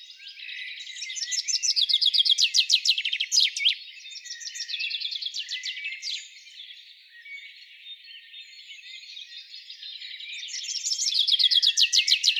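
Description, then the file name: Common chaffinch giving repeated rattling trills that finish with an emphatic flourish, loud strophes early and late, quieter song in between. "Fringilla coelebs"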